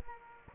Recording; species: mosquito wingbeat signal from an infrared sensor; Aedes aegypti